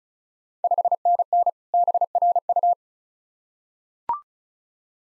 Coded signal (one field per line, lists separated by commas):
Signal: Morse code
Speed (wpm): 36 wpm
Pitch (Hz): 700 Hz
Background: none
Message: 5NN BRU